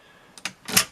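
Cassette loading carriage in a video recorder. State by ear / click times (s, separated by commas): released / 0.5 s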